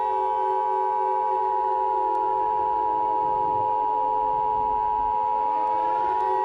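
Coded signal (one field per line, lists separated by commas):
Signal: Emergency Alert System (SAME) tones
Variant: 853 and 960 Hz attention tone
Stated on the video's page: Fictional EAS scenario; simulated alert tones, not a real broadcast.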